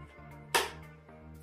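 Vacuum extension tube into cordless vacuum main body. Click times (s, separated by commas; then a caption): 0.5 s. The plastic wand of a Dreame V11 cordless stick vacuum is pushed into the two connection holes on the main body and locks with a sharp, bright click at 0.6 s. A much fainter tap follows at 1.1 s over a low, steady tonal background, and the tube is seated.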